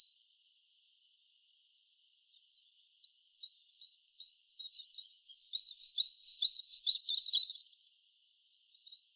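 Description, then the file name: Great tit calls: a quick, jumbled run of high, thin chirping notes that grows denser over about five seconds and then stops, with a brief faint note near the end. "Parus major"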